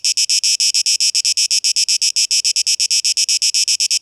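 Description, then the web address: Cicada song: loud, harsh, high buzzing broken into rapid pulses, steady throughout with no other sounds. 12 August 2023. "rauschpartikel 2023-08-12 Zikaden"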